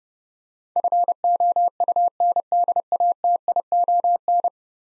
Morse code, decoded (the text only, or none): FOUNDATION